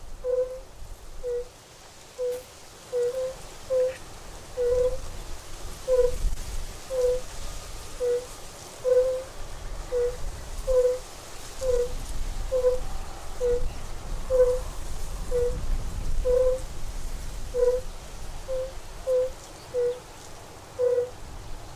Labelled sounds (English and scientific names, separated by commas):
Fire-Bellied Toad (Bombina bombina) call